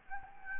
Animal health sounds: mosquito wingbeat signal from an infrared sensor; Anopheles gambiae

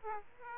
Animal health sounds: mosquito wingbeat signal from an infrared sensor; Aedes aegypti

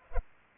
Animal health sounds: mosquito wingbeat signal from an infrared sensor; Culex pipiens

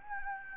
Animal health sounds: mosquito wingbeat signal from an infrared sensor; Anopheles gambiae

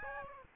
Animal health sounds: mosquito wingbeat signal from an infrared sensor; Aedes albopictus

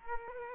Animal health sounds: mosquito wingbeat signal from an infrared sensor; Culex quinquefasciatus

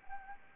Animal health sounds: mosquito wingbeat signal from an infrared sensor; Anopheles arabiensis

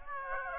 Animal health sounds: mosquito wingbeat signal from an infrared sensor; Aedes aegypti

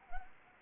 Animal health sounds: mosquito wingbeat signal from an infrared sensor; Anopheles arabiensis

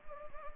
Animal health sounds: mosquito wingbeat signal from an infrared sensor; Anopheles arabiensis

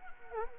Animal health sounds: mosquito wingbeat signal from an infrared sensor; Anopheles arabiensis

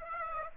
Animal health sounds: mosquito wingbeat signal from an infrared sensor; Aedes aegypti

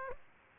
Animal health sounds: mosquito wingbeat signal from an infrared sensor; Aedes aegypti

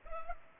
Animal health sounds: mosquito wingbeat signal from an infrared sensor; Culex pipiens

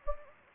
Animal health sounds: mosquito wingbeat signal from an infrared sensor; Anopheles gambiae

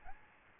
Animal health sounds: mosquito wingbeat signal from an infrared sensor; Aedes albopictus

